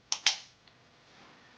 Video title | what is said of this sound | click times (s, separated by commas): Tutorial: Applying the Breg Polar Care Cube & Glacier Multi-Use XL Pad | once these two pieces connect you're going to hear them snap which lets you know that it's secure | 0.1 s